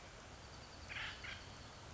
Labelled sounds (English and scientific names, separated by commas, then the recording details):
Acorn Woodpecker (Melanerpes formicivorus)
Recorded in Sonoma County, California